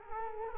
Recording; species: mosquito wingbeat signal from an infrared sensor; Culex quinquefasciatus